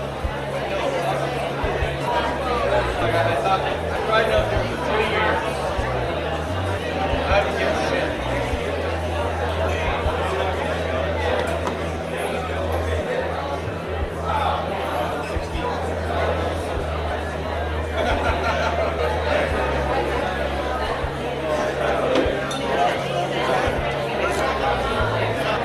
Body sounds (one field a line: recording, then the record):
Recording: background sound without coughing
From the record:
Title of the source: CITY SOUNDS Busy Bar in the Evening Night - 2 HOURS of Ambiance for Relaxation